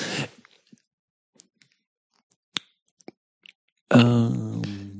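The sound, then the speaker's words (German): Sparse, irregular keyboard clicks tap out one at a time, sharp but faint, in a quiet gap between a voice trailing off at the start and someone beginning to speak at the end. “offensichtlich kommt gerade eine Tastatur an bei Martin”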